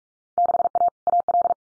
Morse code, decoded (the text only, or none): 6A AL